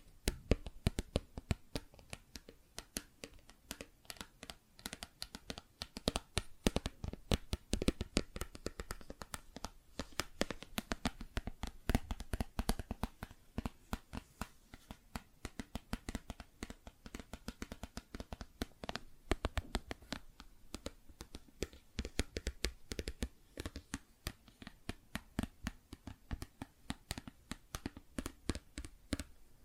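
Plastic objects are tapped and scratched in a dense, irregular stream of sharp clicks and scrapes, with louder taps scattered throughout.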